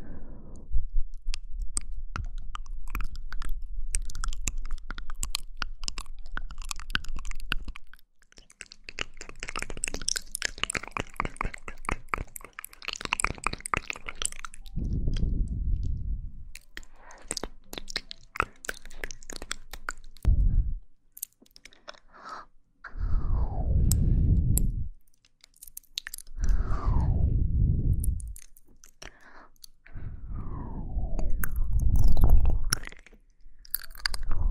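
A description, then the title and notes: Wet mouth sounds: crunchy chewing and clicks in dense bursts, broken by pauses and several deep, swelling gulps or blows near the end. Mouth Sounds.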